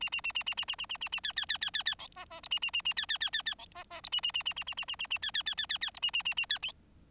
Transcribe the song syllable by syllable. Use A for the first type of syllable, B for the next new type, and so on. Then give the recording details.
A A A A A A A A A A A B B B B B B C D D E A A A A B B B B B C D D E A A A A A A A A A A B B B B B B E A A A A B. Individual Bird4